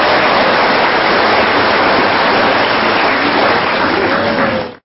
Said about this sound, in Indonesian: Makasih ya. Kasih tepuk tangan dulu deh.